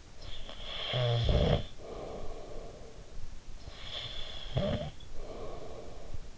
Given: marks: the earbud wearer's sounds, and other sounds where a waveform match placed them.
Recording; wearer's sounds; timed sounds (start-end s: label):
sounds in sleep by an in-ear microphone; snoring breath
0.08-3.07 s: snoring breath
3.29-6.38 s: snoring breath